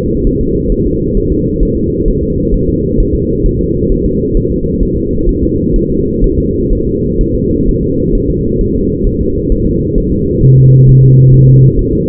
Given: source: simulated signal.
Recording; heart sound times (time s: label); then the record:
fetal heart sounds
0.27 s: S1
0.41 s: S2
0.72 s: S1
0.87 s: S2
1.17 s: S1
1.32 s: S2
1.63 s: S1
1.77 s: S2
2.08 s: S1
2.23 s: S2
2.54 s: S1
2.69 s: S2
3.00 s: S1
3.15 s: S2
3.46 s: S1
3.61 s: S2
3.92 s: S1
4.06 s: S2
4.37 s: S1
4.52 s: S2
4.83 s: S1
4.97 s: S2
5.29 s: S1
5.43 s: S2
5.76 s: S1
5.91 s: S2
6.24 s: S1
6.38 s: S2
6.73 s: S1
6.87 s: S2
7.21 s: S1
7.35 s: S2
7.69 s: S1
7.83 s: S2
8.15 s: S1
8.30 s: S2
8.61 s: S1
8.75 s: S2
9.07 s: S1
9.21 s: S2
9.52 s: S1
9.67 s: S2
9.98 s: S1
10.12 s: S2
10.44 s: S1
10.58 s: S2
10.89 s: S1
11.03 s: S2
11.34 s: S1
11.49 s: S2
11.79 s: S1
11.93 s: S2
From the record:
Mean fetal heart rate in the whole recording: 130 bpm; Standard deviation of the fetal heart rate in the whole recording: 4 bpm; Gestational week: 38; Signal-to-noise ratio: -10.2 dB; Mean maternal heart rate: 72 bpm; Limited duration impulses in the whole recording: present